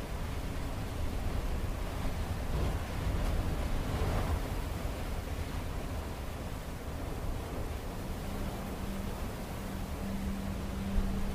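Strong storm wind roars steadily with a dense, rumbling low end and rushing gusts, while a faint low hum appears near the end.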